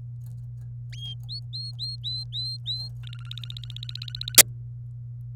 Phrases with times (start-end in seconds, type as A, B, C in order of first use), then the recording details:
1.29-2.88 A, 3.03-4.37 B. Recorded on 27 April 2018 at 06:35. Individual llb3